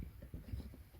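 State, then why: Not seated. A throttle controller's wiring harness plug is handled and pushed downward toward a vehicle's accelerator pedal connector, producing soft, low scuffing and rubbing sounds. Nothing has seated or clicked yet; the plug is not yet home in the connector.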